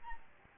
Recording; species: mosquito wingbeat signal from an infrared sensor; Aedes albopictus